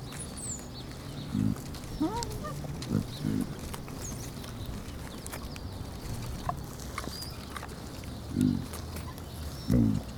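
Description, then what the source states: Pig grunts, several short low snorting bursts at irregular intervals, over a steady low rumble with faint high chirps. Piglets hanging out together.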